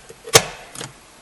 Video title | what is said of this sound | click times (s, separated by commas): Cabin And Air Filter Replacement 2008-2013 Toyota Highlander | and you'll hear it snap in. | 0.3 s